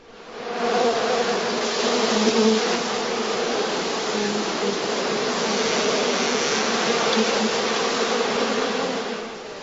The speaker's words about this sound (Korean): 벌들이 윙윙대는 벌집 속에 손을 넣어서 죽음을 무릅쓰고 꿀을 따는 그런 일이요.